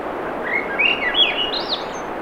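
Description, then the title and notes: Swainson's thrush singing a fluty phrase of short notes that spiral upward in pitch, ending high and thin, over a steady hiss. Singing at 7:15 pm, June 7, 2017, low 50s, clear skies, Schoodic Peninsula, Acadia National Park, Winter Harbor, Maine; Fostex FR2, Sennheiser ME 66 shotgun; high-pass filtered for surf noise. "Swainson's Thrush singing Wednesday June 7, 2017 7:15 pm temperature low 50s clear skies between the tides Sun Dew Trail where it intersects with trail to Ocean Beach Schoodic Pennisula Acadia National Park Winter Harbor, ME"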